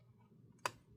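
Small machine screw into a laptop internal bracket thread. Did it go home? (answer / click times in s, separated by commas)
yes / 0.7 s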